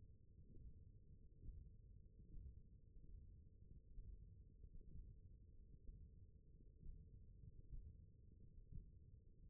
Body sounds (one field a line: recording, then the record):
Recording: forearm muscle sounds (acoustic myography)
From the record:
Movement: tripod grip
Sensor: system 1, eight BSWA MPA416 microphones around the upper forearm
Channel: 1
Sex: male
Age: 21 years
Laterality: right